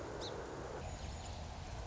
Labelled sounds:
Song Sparrow
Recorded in Sonoma County, California

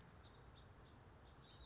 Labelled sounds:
House Finch
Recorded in Sonoma County, California

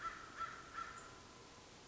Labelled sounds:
American Crow
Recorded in Sonoma County, California

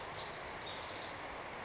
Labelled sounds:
House Wren
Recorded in Sonoma County, California

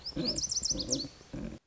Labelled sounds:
Lazuli Bunting
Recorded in Sonoma County, California

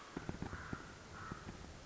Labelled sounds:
Common Raven
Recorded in Sonoma County, California

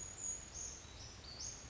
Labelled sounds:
Brown Creeper
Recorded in Sonoma County, California

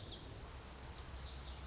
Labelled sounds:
Lazuli Bunting
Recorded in Sonoma County, California

